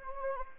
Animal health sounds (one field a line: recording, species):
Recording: mosquito wingbeat signal from an infrared sensor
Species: Anopheles arabiensis